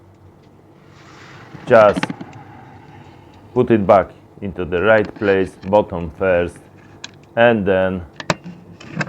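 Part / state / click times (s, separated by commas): boot light lens/housing into boot trim panel / seated / 8.3 s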